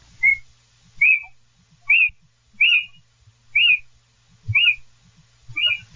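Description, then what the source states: Little owl calls, a short rising-falling whistled note repeated roughly every 0.9 seconds, seven times, with faint low rumble beneath. Recorded at night in a garden during a nocturnal migration (NOCMIG) recording session.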